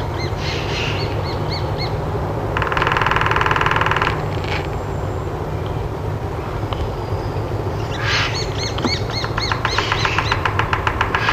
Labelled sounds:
Lesser Spotted Woodpecker (Dendrocopos minor)

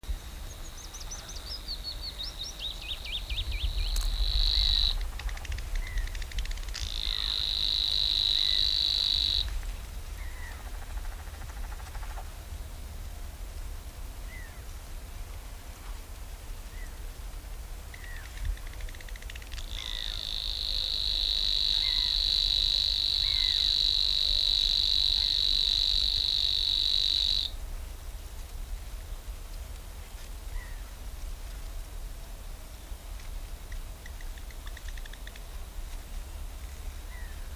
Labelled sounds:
Savi's Warbler (Locustella luscinioides) song

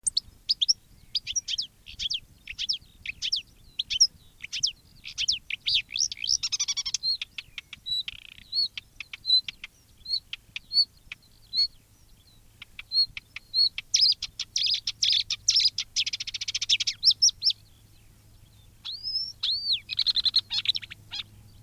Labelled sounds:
Marsh Warbler (Acrocephalus palustris) song

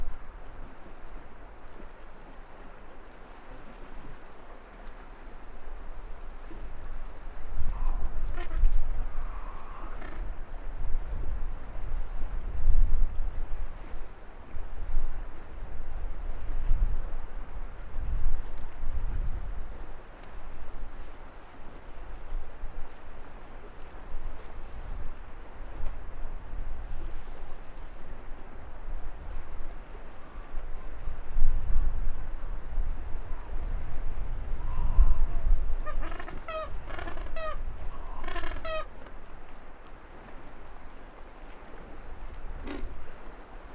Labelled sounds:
Gentoo Penguin (Pygoscelis papua) call

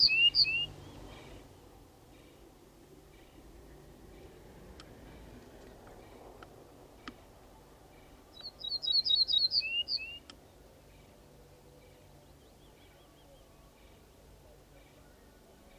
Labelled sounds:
Ortolan Bunting (Emberiza hortulana) song

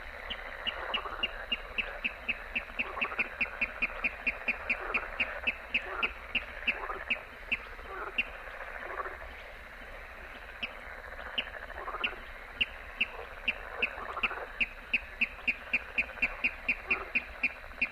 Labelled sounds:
Water Rail (Rallus aquaticus)

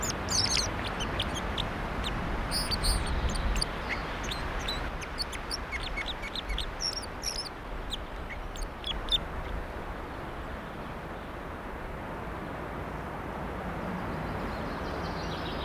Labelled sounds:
Red Crossbill (Loxia curvirostra) song

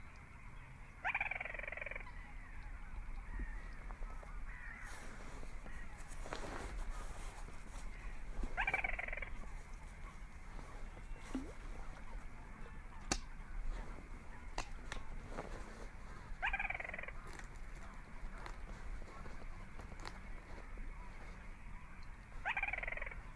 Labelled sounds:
Little Crake (Porzana parva) song

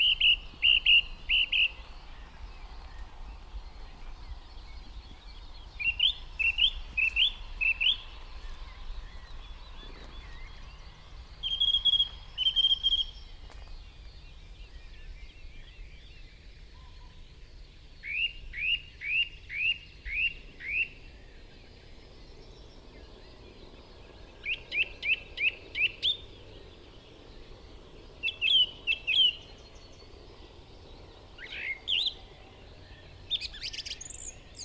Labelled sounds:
Song Thrush (Turdus philomelos) song

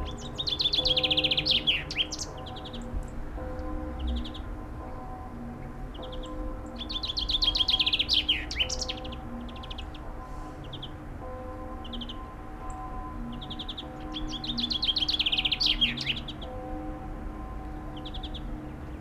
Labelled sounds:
Common Chaffinch (Fringilla coelebs) song

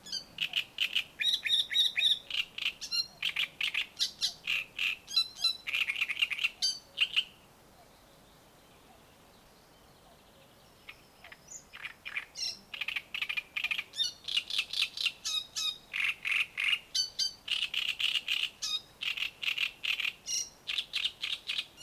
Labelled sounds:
Great Reed Warbler (Acrocephalus arundinaceus)

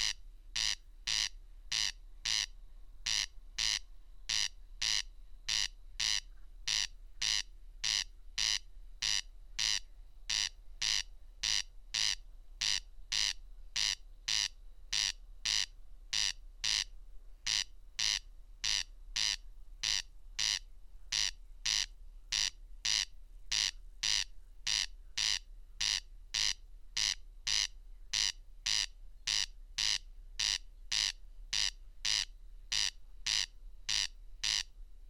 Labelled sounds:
Corn Crake (Crex crex) song

